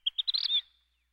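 Vermilion flycatcher song: a few high, sharp notes speeding up into a brief buzzy trill, on a quiet background.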